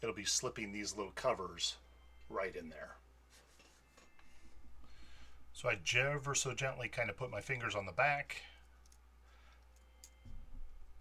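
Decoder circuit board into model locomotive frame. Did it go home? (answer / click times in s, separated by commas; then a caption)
yes / 10.0 s. Someone talks as a drop-in decoder circuit board in a Rock Island Kato E-8-A N-scale model locomotive is pressed down by fingers on its back end. At 10.0 s it snaps into place with a sharp click, clipping into the plastic frame and holding tension on the two metal pickups.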